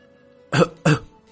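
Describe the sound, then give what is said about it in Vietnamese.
A wounded, blood-covered man gives two short, rough, hoarse coughs in quick succession, each a harsh raspy burst, standing out loudly over a faint steady hum. “Một tiếng ho vang khan lên, mọi người nhìn qua.”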